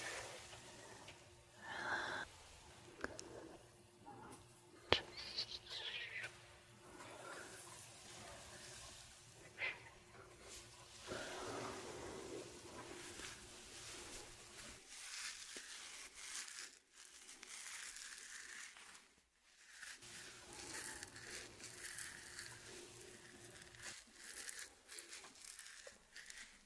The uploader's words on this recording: ASMR Sleepy Scalp Massage & Face Massage.